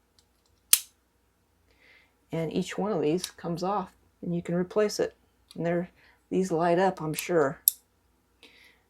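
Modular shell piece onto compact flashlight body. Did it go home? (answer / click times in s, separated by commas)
yes / 0.7 s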